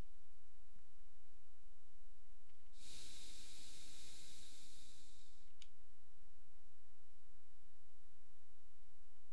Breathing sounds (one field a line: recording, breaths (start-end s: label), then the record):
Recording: nose breathing near a microphone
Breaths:
2.48-5.48 s: exhalation
From the record:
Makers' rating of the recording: medium